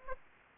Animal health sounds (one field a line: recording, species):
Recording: mosquito wingbeat signal from an infrared sensor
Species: Aedes aegypti